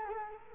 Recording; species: mosquito wingbeat signal from an infrared sensor; Culex quinquefasciatus